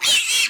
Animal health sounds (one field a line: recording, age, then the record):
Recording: pig call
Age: piglet (1 to 25 days)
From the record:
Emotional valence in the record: negative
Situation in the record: castration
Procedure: castration, shear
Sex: male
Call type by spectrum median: high-frequency call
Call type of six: high-frequency modulated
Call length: 0.50 s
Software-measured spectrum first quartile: 2964 Hz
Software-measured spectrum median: 3987 Hz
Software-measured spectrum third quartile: 6668 Hz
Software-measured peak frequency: 3019 Hz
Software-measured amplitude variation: 103 dB a second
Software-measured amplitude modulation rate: 18.9 a second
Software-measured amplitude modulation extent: 5.4 dB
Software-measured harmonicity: 3.9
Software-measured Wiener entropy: -2.15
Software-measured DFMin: 853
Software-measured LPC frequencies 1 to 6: 1070, 2663, 3150, 3890, 5566, 6079 Hz